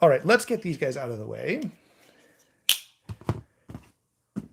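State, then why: Seated. Someone talks, then a folding pocket knife's blade is swung on its pivot and snaps into place in its handle lock with a sharp, loud click at 2.7 s. A few quieter handling clicks and taps follow.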